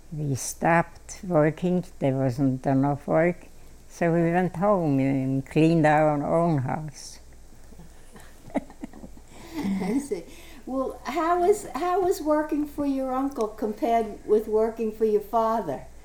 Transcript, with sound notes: we stopped working, there wasn't enough work, so we went home, and cleaned our own house. ( she laughs )
I see. Well, how was, how was working for your uncle compared with working for your father?